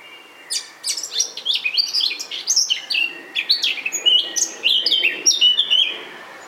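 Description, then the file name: Eurasian blackcap: a long, hurried warble of mixed scratchy and whistled notes, fairly steady in loudness throughout. "Sylvia atricapilla"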